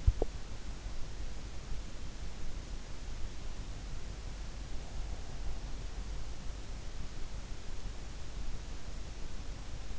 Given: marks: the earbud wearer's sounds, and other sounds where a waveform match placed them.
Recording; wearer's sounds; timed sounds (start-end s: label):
sounds in sleep by an in-ear microphone; teeth grinding
0.00-0.66 s: teeth grinding